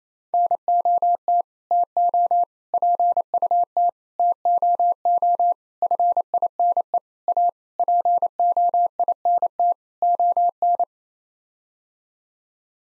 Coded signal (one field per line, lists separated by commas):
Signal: Morse code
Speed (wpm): 28 wpm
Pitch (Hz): 700 Hz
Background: none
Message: NOT TO PUT TOO FINE A POINT ON